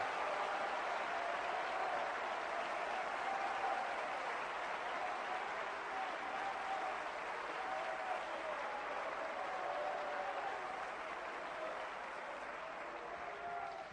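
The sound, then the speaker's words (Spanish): An audience at a worship service claps steadily and densely for the whole stretch in applause to the Lord Jesus Christ, a loud, even wash of applause with faint voices mixed in, tapering only slightly at the very end. “Dale un aplauso al Señor Jesucristo.”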